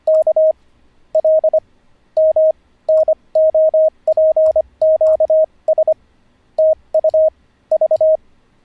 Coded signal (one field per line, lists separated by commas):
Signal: Morse code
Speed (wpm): 25 wpm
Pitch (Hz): 630 Hz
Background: radio noise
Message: K L MNOPQS TU V